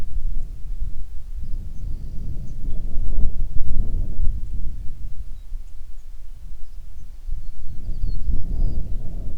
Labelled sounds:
songbird
wind
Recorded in the Prudhoe Bay oil fields, Alaska, on 9 June 2019 at 16:22
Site 21

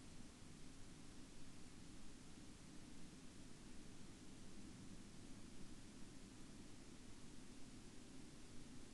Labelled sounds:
aircraft
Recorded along the Dempster Highway, Canada, on 22 October 2020 at 02:41
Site 25

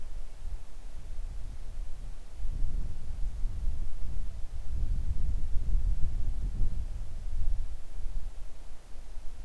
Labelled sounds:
wind
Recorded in the Arctic National Wildlife Refuge, Alaska, on 3 August 2019 at 10:27
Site 41

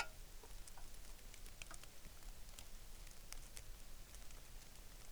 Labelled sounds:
rain
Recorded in the Arctic National Wildlife Refuge, Alaska, on 3 August 2019
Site 33

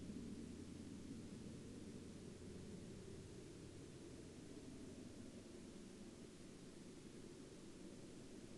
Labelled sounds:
aircraft
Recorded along the Dempster Highway, Canada, on 19 October 2020 at 01:20
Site 24

